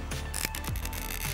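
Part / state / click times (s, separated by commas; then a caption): ratchet clamp on a garden irrigation hose fitting / seated / 0.4 s, 0.5 s, 0.7 s, 0.8 s, 1.1 s. A small plastic ratchet clamp on a garden irrigation hose fitting is squeezed shut with multi-grips, and its pawl clicks notch by notch as it tightens. Sharp clicks land at about 0.4, 0.5, 0.6, 0.7, 0.9 and 1.1 seconds over a steady tonal background. The clamp ends up seated tight on the fitting.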